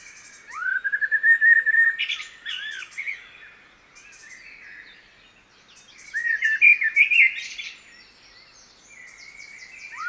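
Common blackbird singing rich, slurred whistled phrases with scratchy high flourishes: two phrases separated by a pause, and a third just beginning at the end.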